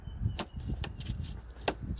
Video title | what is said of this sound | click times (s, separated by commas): Toyota Venza Trailer Wiring Harness Install Plug and Play at the Rear Area | snap snap all right these | 0.4 s, 1.7 s